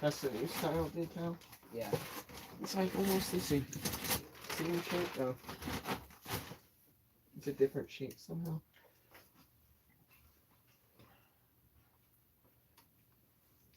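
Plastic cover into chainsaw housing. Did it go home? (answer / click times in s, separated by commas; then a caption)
no / none. A replacement plastic cover is pushed into place on a Husqvarna 288XP chainsaw housing; it should click in but won't seat well and comes back out as soon as it is touched. Someone talks for the first six and a half seconds, then brief handling noises follow from about 7.2 to 8.6 s before near silence with a faint tap at 12.8 s. The cover has not clicked in.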